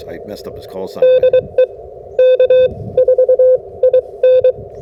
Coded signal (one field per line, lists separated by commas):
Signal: Morse code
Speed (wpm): 23 wpm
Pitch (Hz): 510 Hz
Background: speech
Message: DE K4IN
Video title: SOTA POTA 150 Antenna Review with Full POTA Activation